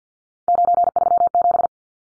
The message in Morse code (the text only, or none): 937